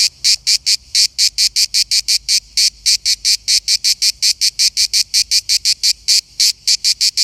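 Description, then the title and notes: Cicada producing a continuous series of rasping, buzzy pulses, loud and steady from start to finish. Cicada heard while on holiday in Verona. "Eine Zikade im Urlaub in Verona"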